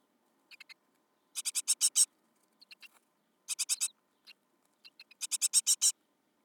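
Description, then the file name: Great tit rasping call series, short ticking notes leading into louder rapid rattles, three main bursts. "Parus major"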